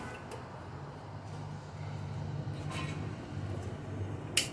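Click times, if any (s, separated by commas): 4.4 s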